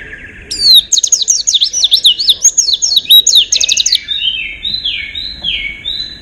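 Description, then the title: White-eye song: a quick run of high, rising and falling twittered notes, then softer lower warbles at the end. "Pleci. Haji Ifa Kudus"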